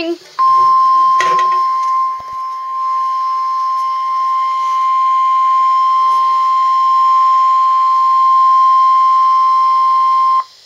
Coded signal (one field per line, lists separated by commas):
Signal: Emergency Alert System (SAME) tones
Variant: 1050 Hz attention tone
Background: speech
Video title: EAS ALARM ACTIVATION!